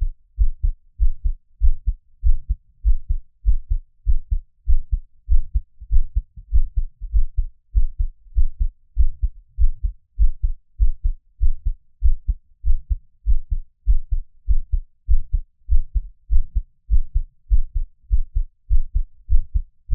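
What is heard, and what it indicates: Steady, deep, muffled thumps of an adult's own heartbeat repeat in an even rhythm throughout, about 98 per minute, close-up, with no talking and a quiet background.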